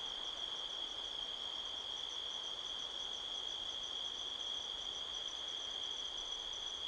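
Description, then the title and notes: Constant shrill cricket tone with a faint wavering pulsed layer above, over a gentle background rush of wind. Crickets chirping all around at midnight, 5 October 2023, in a canyon at Sedona, Arizona, USA, with strong wind rustling trees. "Midnight Soundscape, Sedona, Arizona, USA on 5th October 2023 – by Joe Harvey-Whyte. A strong wind blows across the canyon, rustling trees. The sound of crickets can be heard all around"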